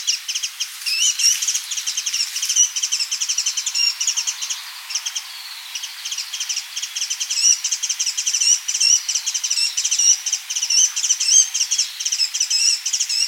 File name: Muscicapa dauurica